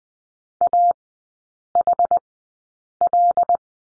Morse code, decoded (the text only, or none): A H L